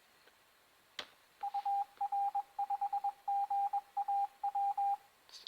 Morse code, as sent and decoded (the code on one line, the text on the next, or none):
..- .-. ..... --. .- .--
UR5GAW